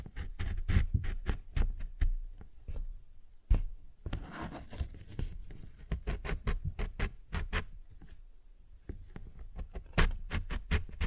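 Quick taps on a paper bag come in irregular bursts, each a short crisp click with a dull thump underneath. Around four to six seconds the tapping gives way to a softer, rustling scratch, then brisk tapping resumes, with a sharper hit near ten seconds.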